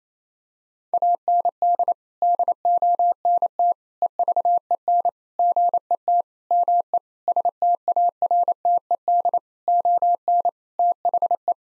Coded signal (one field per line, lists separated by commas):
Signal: Morse code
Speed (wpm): 28 wpm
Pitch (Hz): 700 Hz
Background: none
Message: AND DONT EVEN GET ME STARTED ON THE